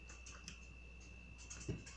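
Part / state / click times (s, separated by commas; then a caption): piston with ring into a cylinder / partly seated / 0.5 s. A piston whose second ring had popped out is pressed back into an M49/M50 cylinder, with a small clunk at 0.5 s over a steady low hum and faint scratching. One section of the ring goes in, but the rest still has to be pressed in.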